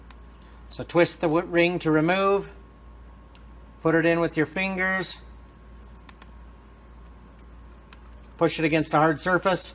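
An engraving bur is put by hand into the chuck of a high-speed air handpiece before it is pressed against a hard surface, while someone talks. Only light finger and handling ticks are heard, at about 0.1, 3.4, 6.1, 6.2 and 7.9 seconds. The bur has not yet clicked or seated.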